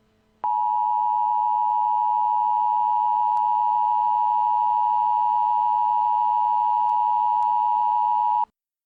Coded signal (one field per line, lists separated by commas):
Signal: Emergency Alert System (SAME) tones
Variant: 853 and 960 Hz attention tone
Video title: Mini EAS Scenario: Fireworks Frenzy Incident